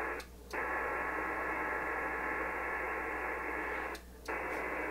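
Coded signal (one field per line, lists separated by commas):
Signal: HF data modem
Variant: PACTOR-III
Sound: steady wide rushing hiss-like data block, briefly pausing twice for the other station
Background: radio static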